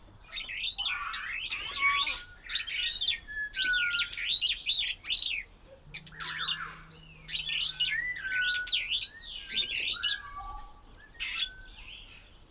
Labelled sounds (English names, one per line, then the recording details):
Superb Starling
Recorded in captivity
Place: Timmendorfer Strand, Holsteinische Schweiz, Schleswig-Holstein, DE
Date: 1992-09-21 14:40
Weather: sonnig, 22°C
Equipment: Marantz CP 430, Sennheiser ME 80, Kopie Tesla B 116
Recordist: Tembrock, Günter
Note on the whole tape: Vogelpark Niendorf; Lautfolgen, Abstand 2 m